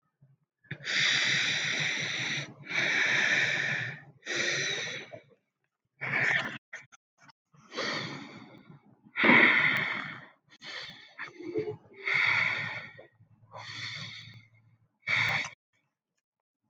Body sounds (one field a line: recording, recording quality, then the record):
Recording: deep breathing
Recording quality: excellent, no background noise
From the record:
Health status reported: healthy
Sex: male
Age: 36 years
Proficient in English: yes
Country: India